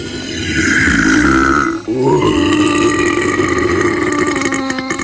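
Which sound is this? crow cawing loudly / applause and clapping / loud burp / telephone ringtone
loud burp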